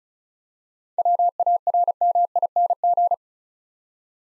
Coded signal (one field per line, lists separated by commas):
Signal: Morse code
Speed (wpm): 36 wpm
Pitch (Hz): 700 Hz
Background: none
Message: WARMING